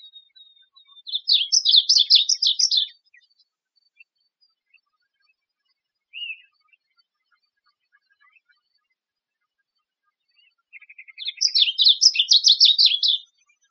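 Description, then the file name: Varied bunting singing two quick warbled phrases of jumbled, slurred notes about ten seconds apart, with a brief single note between them in quiet surroundings. Arizona, 6 August 2007. "VABU 8 Deviche"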